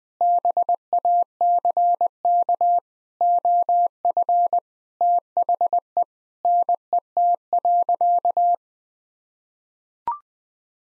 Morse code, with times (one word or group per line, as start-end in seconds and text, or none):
0.2-2.8 BACK
3.2-4.6 OF
5.0-6.0 THE
6.4-8.5 NET.